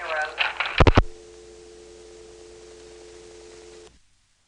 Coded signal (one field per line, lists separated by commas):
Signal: telephone call progress tone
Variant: North America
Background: speech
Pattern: dial tone